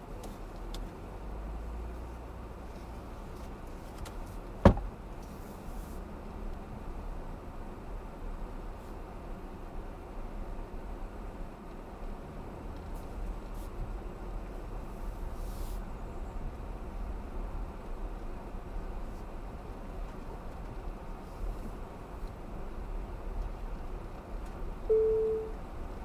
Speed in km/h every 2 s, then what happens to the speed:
0, 3, 5, 8, 10, 10, 10, 11, 15, 16, 13, 13, 15.
0-7 pulls away to 10. 7-26 steady at about 13.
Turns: none.